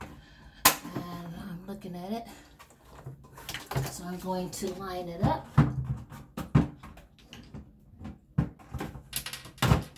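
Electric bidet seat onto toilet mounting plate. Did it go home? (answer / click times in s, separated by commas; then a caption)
no / none. Someone talks while lining up an OVE electric bidet seat with the grooves of a plastic mounting plate on a toilet and beginning to slide it on. Sharp knocks and short handling clatters sound between the words, including a loud one near 0.7 s. The seat has not snapped or seated onto the plate yet.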